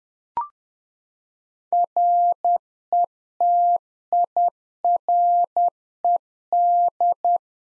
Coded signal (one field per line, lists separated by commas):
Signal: Morse code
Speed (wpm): 10 wpm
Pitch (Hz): 700 Hz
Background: none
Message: RETIRED